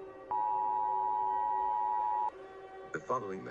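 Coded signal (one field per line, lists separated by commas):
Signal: Emergency Alert System (SAME) tones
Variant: 853 and 960 Hz attention tone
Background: speech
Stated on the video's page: Fake mock EAS scenario for a black hole approach, containing valid EAS tones.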